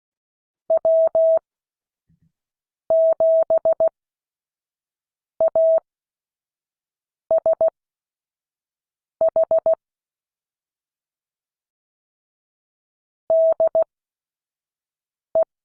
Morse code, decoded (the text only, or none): W7ASH DE